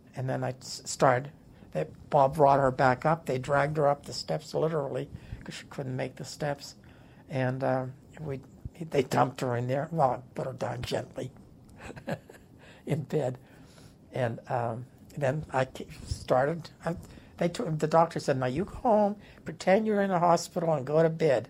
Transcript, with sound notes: And then I st - started - they brought her back up, they dragged her up the steps, literally, 'cause she couldn't make the steps. And we - they dumped her in there—well, put her down gently (laughs) in bed, and then I - they started - I - they took - the doctor said, "Now, you calm - pretend you're in a hospital and go to bed."